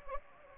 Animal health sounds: mosquito wingbeat signal from an infrared sensor; Anopheles gambiae

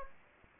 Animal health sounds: mosquito wingbeat signal from an infrared sensor; Anopheles gambiae

